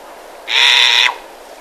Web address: verreauxs sifaka